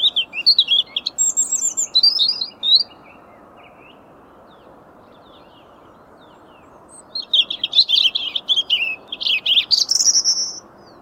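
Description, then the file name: European robin giving two high, rapid warbling phrases of thin whistles and trills separated by a pause, the second rising to a sustained high note, over low steady hiss. "Erithacus rubecula"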